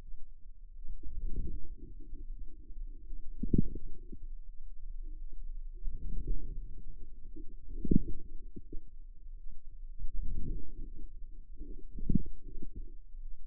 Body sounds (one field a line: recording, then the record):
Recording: forearm muscle sounds (acoustic myography)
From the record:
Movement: outward rotation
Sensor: system 2, bracelet of six BSWA MPA416 microphones around the upper forearm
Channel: 3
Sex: female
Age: 23 years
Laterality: right